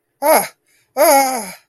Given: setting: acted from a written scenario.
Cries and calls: vocal sound without words; fear

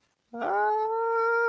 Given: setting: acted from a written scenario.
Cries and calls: vocal sound without words; distress

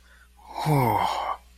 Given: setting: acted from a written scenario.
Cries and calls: vocal sound without words; contentment

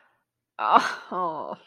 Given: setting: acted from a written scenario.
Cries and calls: vocal sound without words; embarrassment

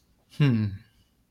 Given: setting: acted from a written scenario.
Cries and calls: vocal sound without words; neutral

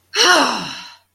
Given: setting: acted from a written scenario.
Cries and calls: vocal sound without words; ecstasy

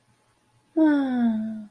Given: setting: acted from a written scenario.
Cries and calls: vocal sound without words; romantic love

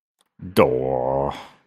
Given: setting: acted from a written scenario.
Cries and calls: vocal sound without words; adoration

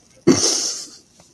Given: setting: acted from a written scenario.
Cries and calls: vocal sound without words; amusement

